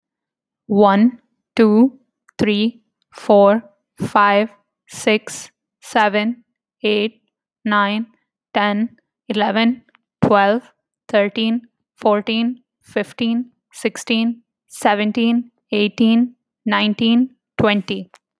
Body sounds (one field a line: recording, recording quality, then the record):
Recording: counting at a normal pace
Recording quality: excellent, no background noise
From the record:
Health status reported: healthy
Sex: female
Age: 27 years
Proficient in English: yes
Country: Canada